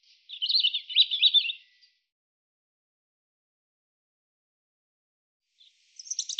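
European robin singing a rapid, scratchy warbled phrase for about a second and a half, then silence, before a new high twittering phrase begins at the end.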